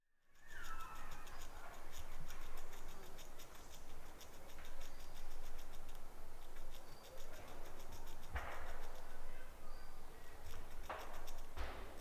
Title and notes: Knabberndes Eichhörnchen. Munching Squirrel. Eichhörnchen in einem Wald in Deutschland . Squirrel in a forest in Germany